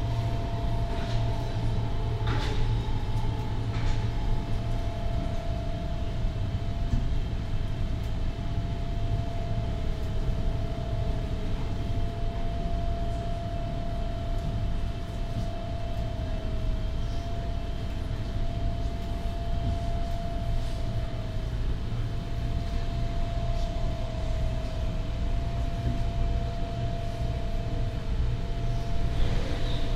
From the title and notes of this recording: NS Sprinter. The Netherlands. Recorded between Den Haag and Amsterdam Sloterdijk. Surprisingly few human sounds and a lot of harmony coming from the train.